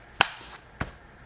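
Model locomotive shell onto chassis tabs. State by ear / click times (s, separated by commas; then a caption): seated / 0.2 s, 0.8 s. A plastic model locomotive shell (BLI Aberdeen Carolina & Western F9A) is gently pressed down onto its chassis until the side tabs click into place. Two sharp clicks are heard, a louder one at 0.2 s and a softer one at 0.8 s. The shell is seated on the chassis.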